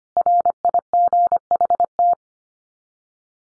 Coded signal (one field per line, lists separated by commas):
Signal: Morse code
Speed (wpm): 25 wpm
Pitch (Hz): 700 Hz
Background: none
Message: RIGHT